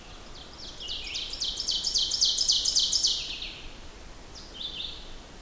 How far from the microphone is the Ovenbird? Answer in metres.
about 25 m